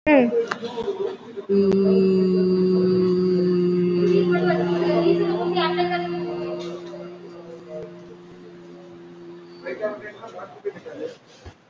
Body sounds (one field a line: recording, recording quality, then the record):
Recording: sustained vowel as in beet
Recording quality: excellent, no background noise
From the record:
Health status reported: COVID-19 positive, moderate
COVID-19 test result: positive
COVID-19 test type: RT-PCR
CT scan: taken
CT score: 5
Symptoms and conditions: cough, cold, breathing difficulty, sore throat, fatigue, muscle pain, loss of smell and taste, asthma, hypertension, diabetes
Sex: female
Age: 69 years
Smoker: no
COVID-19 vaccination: one dose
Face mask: worn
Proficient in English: yes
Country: India